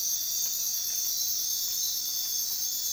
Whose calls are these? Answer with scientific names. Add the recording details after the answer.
none. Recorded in dense forest near Puerto Asís, Putumayo, Colombia, on 18 February 2024 at 04:30. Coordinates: 0.466, -76.327. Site G6413